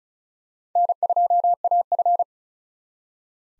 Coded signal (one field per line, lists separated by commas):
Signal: Morse code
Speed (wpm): 36 wpm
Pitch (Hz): 700 Hz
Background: none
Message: N2AF